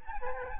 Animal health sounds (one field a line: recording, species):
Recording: mosquito wingbeat signal from an infrared sensor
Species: Aedes albopictus